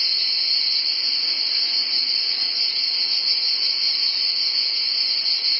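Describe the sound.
Loud, even, high-pitched cicada drone that runs continuously with no variation in rhythm.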